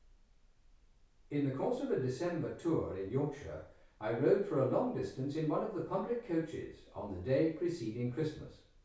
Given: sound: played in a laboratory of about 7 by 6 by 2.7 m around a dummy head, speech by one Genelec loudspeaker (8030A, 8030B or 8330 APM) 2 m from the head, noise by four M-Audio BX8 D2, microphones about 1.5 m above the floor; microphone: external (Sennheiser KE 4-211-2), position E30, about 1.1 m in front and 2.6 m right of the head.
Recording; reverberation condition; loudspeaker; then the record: male speech in English; medium; 150 degrees to the right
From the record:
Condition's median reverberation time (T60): about 510 ms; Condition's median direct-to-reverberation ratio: about -0.5 dB